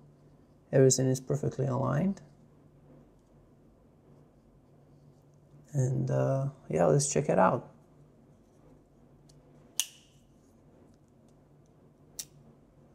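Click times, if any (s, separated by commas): 9.8 s, 12.2 s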